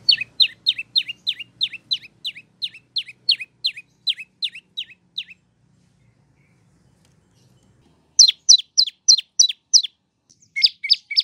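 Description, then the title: Prinia song as a long, fast train of bright chirps, a silent stretch with faint low hum, then renewed rapid high notes. Training recording for cage birds. "Prenjak"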